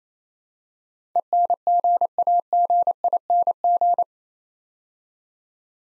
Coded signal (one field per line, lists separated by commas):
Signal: Morse code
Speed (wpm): 27 wpm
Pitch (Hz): 700 Hz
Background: none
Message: ENGAGING